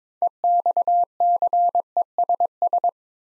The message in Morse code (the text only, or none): EXCESS